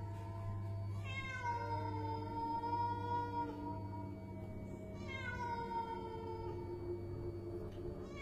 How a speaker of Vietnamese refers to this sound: Con mèo đứng ở cầu thang, dựng lông lên gầm gừ như muốn chặn không cho con bé Hồng đi tiếp.